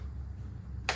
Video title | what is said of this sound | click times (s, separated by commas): Yeehaw! Another Grail item acquired. GI Joe Classified Series Haslab Dragonfly Review | And you do want to hear that clickage. | 0.9 s